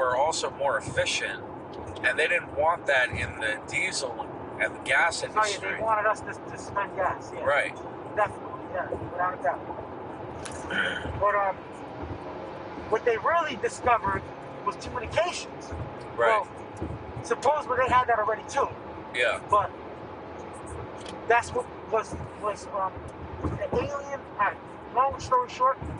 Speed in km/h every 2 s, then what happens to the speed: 105, 106, 108, 109, 111, 111, 114, 121, 124, 127, 126, 127, 114.
0-18 speeds up to 127. 22-26 brakes to 114.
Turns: none.